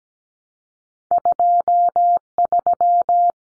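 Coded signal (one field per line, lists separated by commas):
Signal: Morse code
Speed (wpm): 17 wpm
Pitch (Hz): 700 Hz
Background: none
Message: 23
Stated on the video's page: Common cut numbers sent at 17 wpm for head-copy practice, each two-digit number sent in Morse, spoken, then sent again.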